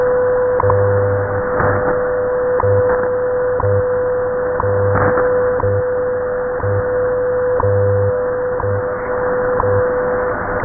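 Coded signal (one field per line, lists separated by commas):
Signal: radio time signal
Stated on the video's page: WWV and WWVH time signals on 10 MHz, WWVH barely audible under WWV, then WWVH alone on 15 MHz, received in central France on a Perseus SDR.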